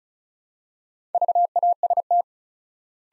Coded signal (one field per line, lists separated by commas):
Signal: Morse code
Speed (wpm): 36 wpm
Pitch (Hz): 700 Hz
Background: none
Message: VAST